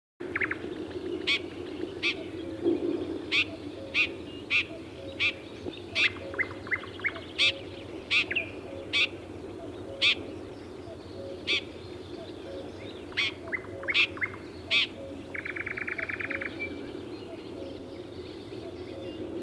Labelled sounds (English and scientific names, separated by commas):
Red-backed Shrike (Lanius collurio) call